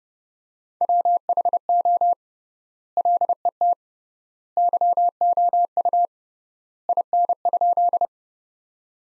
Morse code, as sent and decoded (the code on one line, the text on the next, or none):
.-- .... --- / .-.. . - / -.-- --- ..- / .. -. ..--..
WHO LET YOU IN?